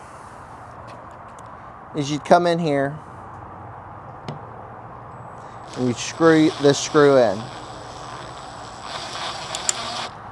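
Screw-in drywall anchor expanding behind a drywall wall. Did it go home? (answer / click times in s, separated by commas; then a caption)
yes / 9.7 s. A screw is driven into a plastic screw-in drywall anchor for a wall hanger, seated in a drywall wall, and its zigzag back splits open behind the drywall. Someone talks, then a faint driving noise builds, and a sharp snap is heard at 9.7 s as the anchor seats.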